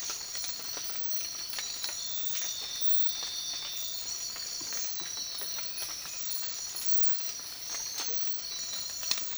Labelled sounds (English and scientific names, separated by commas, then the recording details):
none
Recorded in dense forest near Puerto Asís, Putumayo, Colombia, on 19 March 2025 at 05:00
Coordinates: 0.503, -76.323
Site GP09